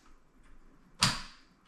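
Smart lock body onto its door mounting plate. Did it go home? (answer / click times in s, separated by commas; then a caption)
yes / 1.0 s. A Nuki 3.0 HomeKit smart lock body is pushed onto its mounting plate on the door cylinder. After quiet low rumble, it gives a sharp, bright click at 1.0 s that rings out briefly. The body clips in place and no longer moves.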